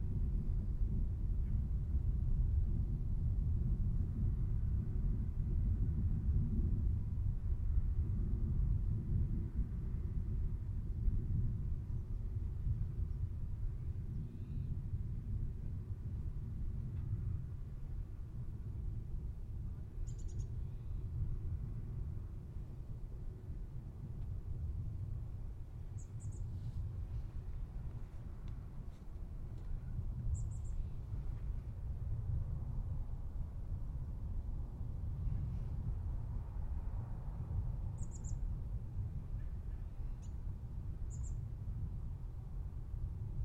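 Outdoor sound at Manzanita Barren in Montclair, California, dominated by a steady, dense low rumble like ongoing vehicle traffic that barely changes across the recording. From about twenty seconds on, a few short, thin high chirps break through every several seconds.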